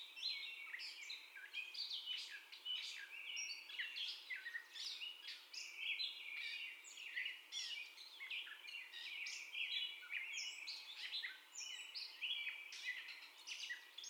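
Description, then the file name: Gray catbird song, a long, continuous jumble of squeaky, scratchy and whistled notes packed closely together without pause, steady throughout. First song, recorded 30 May 2021. "2021-05-30 Catbird First Song"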